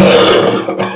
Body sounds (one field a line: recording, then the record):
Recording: coughing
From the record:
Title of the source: Cough Around the Clock!